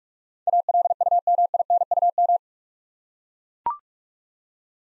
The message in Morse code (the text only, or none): ALUMINUM